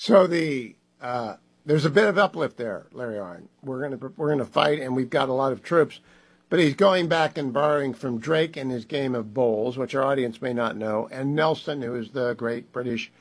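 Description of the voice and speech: An adult man comments on a speech in a steady, conversational radio-commentary style, with fluent phrasing, normal pitch variation and brief natural pauses between phrases. The voice is clear and well voiced, with no hoarseness, slurring or stuttering. This is typical adult speech.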